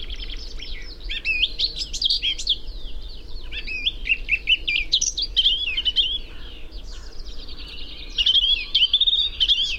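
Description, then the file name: Eurasian blackcap singing a lively warble of quick notes and wavering whistles over a low hum. "Sylvia atricapilla"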